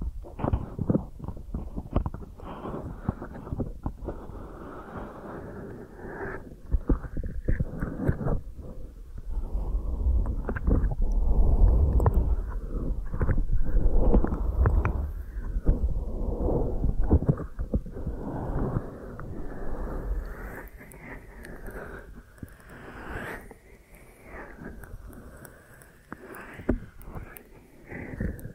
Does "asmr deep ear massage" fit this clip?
yes